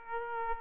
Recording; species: mosquito wingbeat signal from an infrared sensor; Aedes aegypti